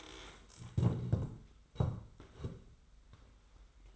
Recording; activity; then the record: daily activity, microphone in the room; stand up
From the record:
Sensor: 3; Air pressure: 990.4 hPa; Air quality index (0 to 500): 171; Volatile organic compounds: 1000 ppm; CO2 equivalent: 5548 ppm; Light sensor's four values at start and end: 42/99/41/39 and 42/99/40/39